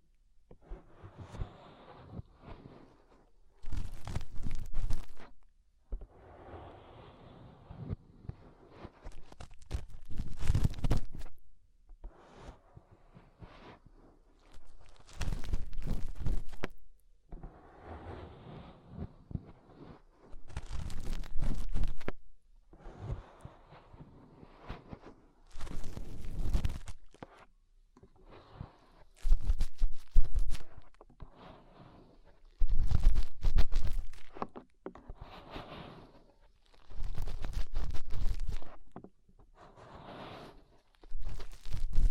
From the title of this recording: Inner Ear Cleaning Using Fingers